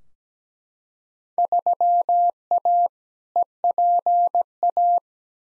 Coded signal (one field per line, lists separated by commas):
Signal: Morse code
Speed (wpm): 17 wpm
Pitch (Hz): 700 Hz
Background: none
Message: 3A EPA